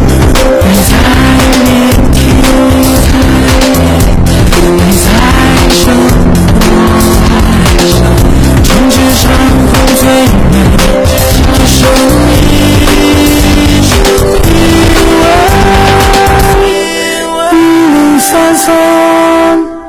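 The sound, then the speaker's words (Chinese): Loud, continuous go-kart racing engines at Xiongwei Sonic Karting, on the basement level of Xiongwei Auto City, roar and whine, their pitch shifting as they rev, with bursts of tire squeal and skidding over the steady drone; a slight dip in the final seconds. “雄伟索尼克卡丁车带你撒把野，你就是下一个车王。”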